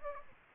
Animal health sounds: mosquito wingbeat signal from an infrared sensor; Aedes aegypti

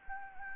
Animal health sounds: mosquito wingbeat signal from an infrared sensor; Anopheles gambiae

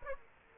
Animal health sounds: mosquito wingbeat signal from an infrared sensor; Aedes aegypti

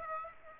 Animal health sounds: mosquito wingbeat signal from an infrared sensor; Aedes aegypti

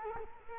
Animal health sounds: mosquito wingbeat signal from an infrared sensor; Culex quinquefasciatus

